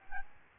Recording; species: mosquito wingbeat signal from an infrared sensor; Aedes albopictus